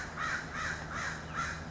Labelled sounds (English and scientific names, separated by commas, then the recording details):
American Crow (Corvus brachyrhynchos)
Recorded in Sonoma County, California